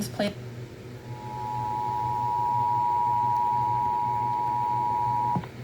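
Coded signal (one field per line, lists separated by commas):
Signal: Emergency Alert System (SAME) tones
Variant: 853 and 960 Hz attention tone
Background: speech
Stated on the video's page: Severe Thunderstorm Warning relayed on FM stations at 98.3, 99.1, 101.1, 103.7, 104.5, 106.3, 107.1, 92.1, 95.5, 96.7, 103.1 and 102.5 MHz.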